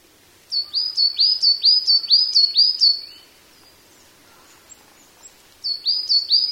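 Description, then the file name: Coal tit song: high, thin two-note phrases repeated rapidly in a burst of several, a pause, then another burst. "higara"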